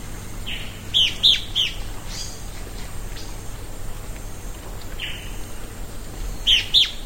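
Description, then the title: Fuscous flycatcher giving short, high chip notes in small groups separated by pauses. Subspecies bimaculatus. "LuckyPassaro Completos2Sama. Fuscous Flycatcher (Cnemotriccus fuscatus bimaculatus)"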